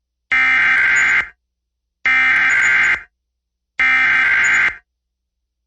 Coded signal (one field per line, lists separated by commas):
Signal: Emergency Alert System (SAME) tones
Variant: header bursts